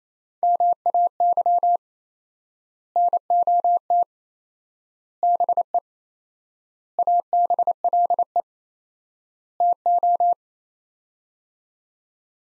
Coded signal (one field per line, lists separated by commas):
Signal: Morse code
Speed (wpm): 28 wpm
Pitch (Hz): 700 Hz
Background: none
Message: MAY NOT BE ABLE TO